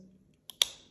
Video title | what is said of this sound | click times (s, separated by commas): Best Knife for Self Defense | can hear that positive click liner lock system is activated | 0.6 s